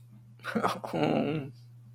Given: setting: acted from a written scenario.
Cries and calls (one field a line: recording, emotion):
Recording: vocal sound without words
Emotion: embarrassment